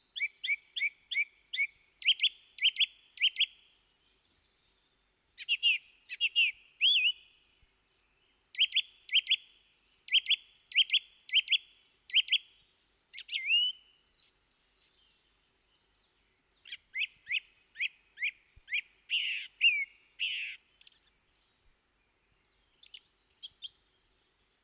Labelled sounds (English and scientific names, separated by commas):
Song Thrush (Turdus philomelos) song